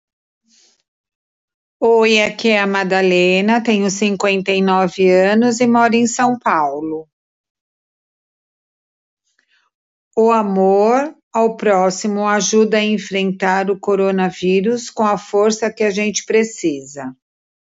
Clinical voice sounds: spoken sentence; Brazilian Portuguese; female; 50 to 59 years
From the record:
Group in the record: control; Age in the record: 59 years

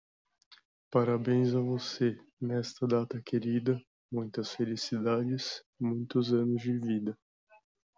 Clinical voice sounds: short text; Brazilian Portuguese; male; 18 to 19 years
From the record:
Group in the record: control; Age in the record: 19 years

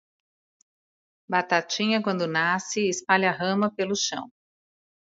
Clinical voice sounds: short text; Brazilian Portuguese; female; 50 to 59 years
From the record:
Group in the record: control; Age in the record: 57 years

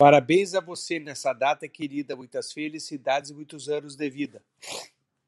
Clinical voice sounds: short text; Brazilian Portuguese; male; 50 to 59 years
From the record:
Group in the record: control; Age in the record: 56 years

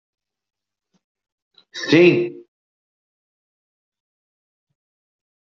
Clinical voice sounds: spoken sentence; Brazilian Portuguese; male; 50 to 59 years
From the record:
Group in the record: control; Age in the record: 56 years

